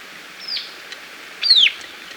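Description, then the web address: White-capped tanager giving two piercing descending notes, the second louder and longer, against faint steady hiss. Recorded in Ecuador. "Birds of Ecuador. White-Capped Tanager"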